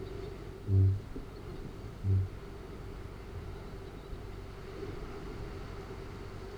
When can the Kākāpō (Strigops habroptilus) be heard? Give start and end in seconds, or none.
0.00-1.39, 1.90-2.32